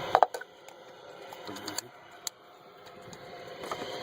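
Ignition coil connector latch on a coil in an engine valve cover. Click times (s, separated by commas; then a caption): 0.1 s, 0.2 s. On a BMW M54 engine, the plastic locking bail on a Bosch ignition coil's connector, which starts closing by itself once the coil is pushed down into the valve cover, is pressed shut. Two sharp clicks come in quick succession at about 0.2 s as the latch locks down and the connector is seated, followed by fainter ticks at 1.8 s and 2.3 s over a low background hum.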